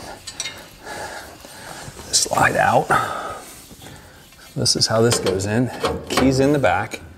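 A drawer slide from a Lista cabinet is handled and keyed into the back of the metal cabinet frame; its small plastic clip is meant to snap into a rectangular notch that holds the slide in place. Two short, sharp handling sounds come at about 0.3 s and 0.4 s, and someone talks throughout. Nothing has seated or clicked yet.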